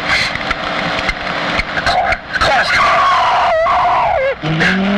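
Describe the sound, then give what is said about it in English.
A car skids with a wavering, high-pitched tire squeal over loud, rough engine noise, then the engine pitch drops and shifts as the car drives away. “The car! It was gone!”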